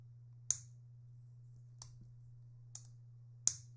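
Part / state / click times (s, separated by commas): pen cap onto fountain pen body / seated / 0.5 s, 3.5 s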